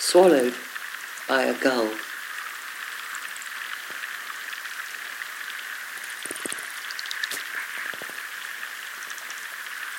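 The River Allen, a chalk river, runs with a steady, even trickle and a bright, fizzing hiss throughout. Two short voice-like sounds rise out of it in the first two seconds. Scattered small plinks and drips appear between about six and eight seconds.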